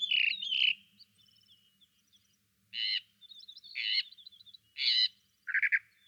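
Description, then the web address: Desert mockingbird song with harsh buzzy bursts alternating with thin high whistled notes and pauses; faint low hum in the background. Solo singer. "desert mockingbird solo"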